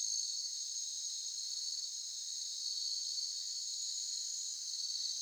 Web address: justsoundeffects - Crickets and Cicadas. Cricket Ambience Evening Jungle Distant Bird Vietnam